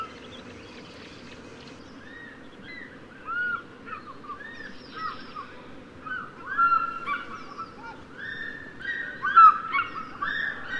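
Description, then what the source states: African fish eagles calling, a chorus of ringing, arched yelping notes that grows louder and busier toward the end, over a steady low background hum. Soundscape featuring several African fish eagles.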